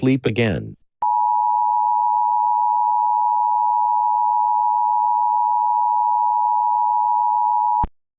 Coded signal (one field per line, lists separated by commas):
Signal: Emergency Alert System (SAME) tones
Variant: 853 and 960 Hz attention tone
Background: speech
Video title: SCP-966 Don't Sleep Emergency Alert System